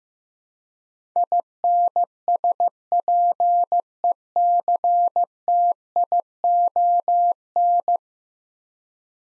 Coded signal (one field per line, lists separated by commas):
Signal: Morse code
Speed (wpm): 16 wpm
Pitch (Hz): 700 Hz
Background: none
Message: INSPECTION